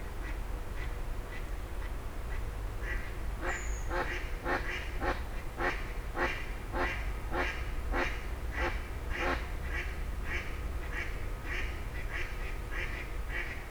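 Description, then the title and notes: Grey heron calls, loud grating croaks in a quick, uneven series, with a brief high whistle early on and traffic droning low throughout. Several grey herons exchanging calls at 04:00 as traffic gradually resumes, Fenouillet, France. "44 Rue des Gourgues, 31150 Fenouillet, France - 04h00-Dialogue de Hérons cendrés. 04h00-Alors que la circulation reprend peu à peu, des hérons cendrés se font des politesses"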